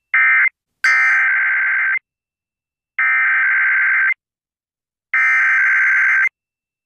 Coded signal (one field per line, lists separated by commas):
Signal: Emergency Alert System (SAME) tones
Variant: header bursts